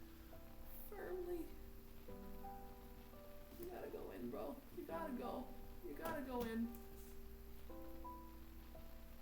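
A RAM memory module is pressed firmly into a motherboard DIMM slot while someone talks over background music. The module is still being handled and nothing has seated or clicked yet.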